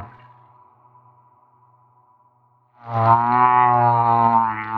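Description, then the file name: Humpback whale song: a faint steady tonal hum, then a loud, rich harmonic moan swells in after about three seconds and holds to the end. At Maui. "Humpback Whale - Maui Whale One"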